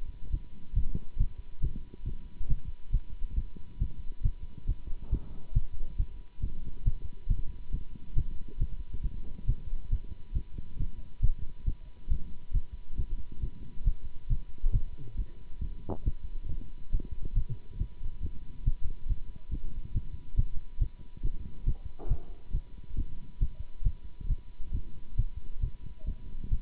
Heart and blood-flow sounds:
heart sounds by stethoscope; between the tricuspid and mitral areas; 137 bpm
0.32 s: heartbeat
0.75 s: heartbeat
1.18 s: heartbeat
1.61 s: heartbeat
2.05 s: heartbeat
2.48 s: heartbeat
2.92 s: heartbeat
3.36 s: heartbeat
3.79 s: heartbeat
4.23 s: heartbeat
4.67 s: heartbeat
5.10 s: heartbeat
5.54 s: heartbeat
5.98 s: heartbeat
6.41 s: heartbeat
6.85 s: heartbeat
7.28 s: heartbeat
7.72 s: heartbeat
8.15 s: heartbeat
8.59 s: heartbeat
9.03 s: heartbeat
9.47 s: heartbeat
9.90 s: heartbeat
10.34 s: heartbeat
10.78 s: heartbeat
11.22 s: heartbeat
11.65 s: heartbeat
12.09 s: heartbeat
12.53 s: heartbeat
12.97 s: heartbeat
13.41 s: heartbeat
13.85 s: heartbeat
14.29 s: heartbeat
14.73 s: heartbeat
15.17 s: heartbeat
15.61 s: heartbeat
16.04 s: heartbeat
16.48 s: heartbeat
16.91 s: heartbeat
17.35 s: heartbeat
17.78 s: heartbeat
18.22 s: heartbeat
18.65 s: heartbeat
19.08 s: heartbeat
19.51 s: heartbeat
19.94 s: heartbeat
20.36 s: heartbeat
20.79 s: heartbeat
21.22 s: heartbeat
21.65 s: heartbeat
22.09 s: heartbeat
22.52 s: heartbeat
22.96 s: heartbeat
23.40 s: heartbeat
23.84 s: heartbeat
24.28 s: heartbeat
24.72 s: heartbeat
25.17 s: heartbeat
25.61 s: heartbeat
26.06 s: heartbeat
26.50 s: heartbeat
From the record:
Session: Bruce protocol treadmill stress test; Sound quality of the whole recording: good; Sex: male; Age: 24 years

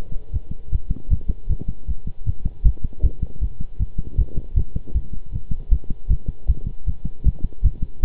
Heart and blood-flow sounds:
heart sounds by stethoscope; between the tricuspid and mitral areas; 156 bpm
0.32 s: heartbeat
0.72 s: heartbeat
1.10 s: heartbeat
1.49 s: heartbeat
1.87 s: heartbeat
2.26 s: heartbeat
2.65 s: heartbeat
3.03 s: heartbeat
3.41 s: heartbeat
3.79 s: heartbeat
4.18 s: heartbeat
4.56 s: heartbeat
4.94 s: heartbeat
5.32 s: heartbeat
5.71 s: heartbeat
6.10 s: heartbeat
6.48 s: heartbeat
6.86 s: heartbeat
7.25 s: heartbeat
7.64 s: heartbeat
8.02 s: heartbeat
From the record:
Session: pedaling a stationary bicycle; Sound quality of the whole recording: good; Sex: male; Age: 23 years

